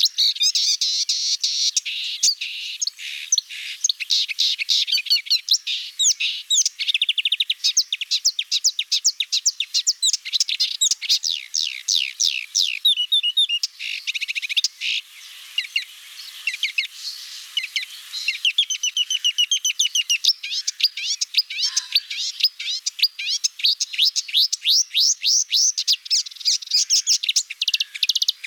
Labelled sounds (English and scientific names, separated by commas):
Marsh Warbler (Acrocephalus palustris) song